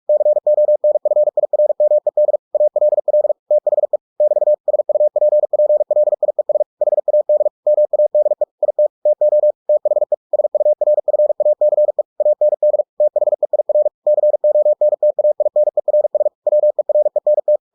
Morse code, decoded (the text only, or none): CONFIRMED ALL THE <BT> SUPPLIES HAD MADE IT TO THE SURFACE AND THEIR CONTAINERS WERENT